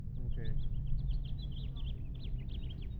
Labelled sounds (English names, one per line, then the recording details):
House Finch song
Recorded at Hewlett Harbor on Long Island, New York, on 10 June 1975
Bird E